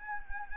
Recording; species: mosquito wingbeat signal from an infrared sensor; Anopheles arabiensis